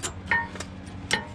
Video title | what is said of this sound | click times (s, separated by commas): 2005-2012 Nissan Pathfinder Front & Rear Brake Replacement | there we go both of those snapped into place good to go | 0.3 s, 1.1 s